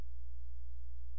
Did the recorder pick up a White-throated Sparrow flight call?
no